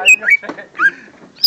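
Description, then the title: Greater green leafbird singing a brief, varied phrase: whistled and slurred notes, a rich rising warble, then a loud, high, falling note closing the sequence. "Kicau Burung Cucak Ijo"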